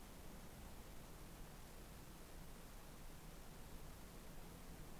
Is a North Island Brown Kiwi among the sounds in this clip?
no